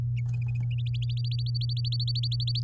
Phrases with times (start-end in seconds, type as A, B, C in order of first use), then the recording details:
1.01-2.60 A. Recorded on 9 May 2018 at 13:27. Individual llb16